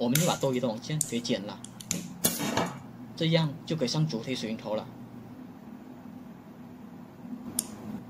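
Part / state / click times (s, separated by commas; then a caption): network cable connector body onto its wire holder / seated / 7.6 s. Someone talks while pushing the wire holder of a split-type RJ45 network connector down and trimming the excess cable, with a few short sharp sounds between 1.8 and 2.6 s. After a quieter stretch, the connector's main body is fitted over the wire holder and gives a single sharp click at 7.6 s, meaning it has locked tight.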